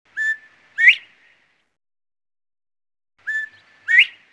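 Quail call, a two-part phrase of a flat whistle followed by a sharp rising note, given twice about three seconds apart in otherwise quiet surroundings.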